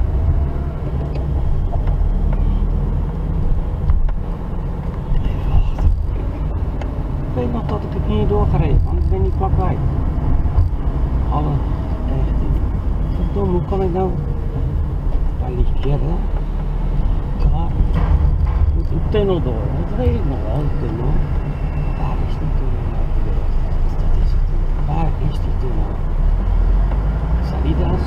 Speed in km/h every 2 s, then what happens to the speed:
14, 16, 17, 21, 22, 22, 20, 18, 16, 17, 16, 13, 10, 10.
0-7 speeds up to 22. 7-19 steady at about 18. 19-24 slows to 10.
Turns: none.